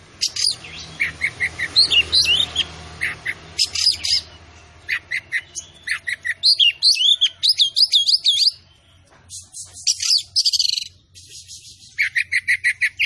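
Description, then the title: Oriental magpie-robin delivering a long, energetic song of repeated short whistles, looping wavy phrases and scratchy buzzes, broken by a short gap before a final series of notes. Vigorous, persistent 'tembakan' (shooting) song, said to provoke other magpie-robins into fighting song immediately. "Kacer Langsung Tarung Konslet KACER NGOTOT FULL TEMBAKAN. Kacer gacor"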